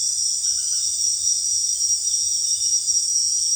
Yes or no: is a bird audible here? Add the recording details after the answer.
no. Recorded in secondary vegetation near Puerto Asís, Putumayo, Colombia, on 29 June 2025 at 18:30. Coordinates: 0.485, -76.322. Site GP06